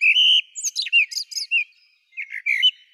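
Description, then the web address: Common blackbird giving a whistled note and quick squeaky twittering in two short bursts with a brief pause between them. "Turdus merula"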